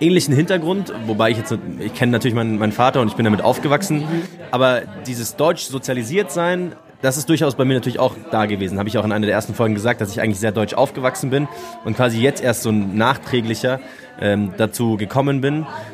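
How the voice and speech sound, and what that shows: Fluent, conversational German from one adult man, with a mid-low voice, steady rhythm and only brief pauses. Apart from one repeated word and a single filler sound, the speech is ordinary and clear, with no audible voice or fluency disorder.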